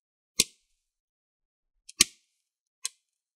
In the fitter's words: make sure you hear those clicks.